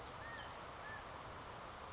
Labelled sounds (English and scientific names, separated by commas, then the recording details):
California Quail (Callipepla californica)
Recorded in Sonoma County, California